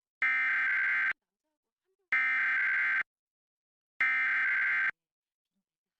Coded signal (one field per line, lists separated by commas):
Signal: Emergency Alert System (SAME) tones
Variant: header bursts